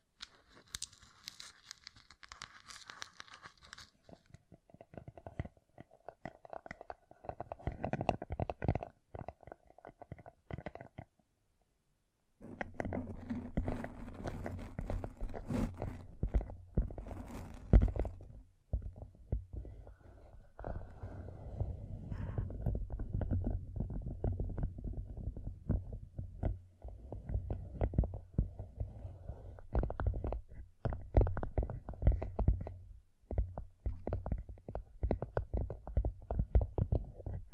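Gem-covered fingertips tap and scratch in dense, irregular bursts, with quick clicks packed closely together. A bright hissing scrape opens the first few seconds, and after a short silence near twelve seconds a low rumbling texture underlies the tapping through to the end.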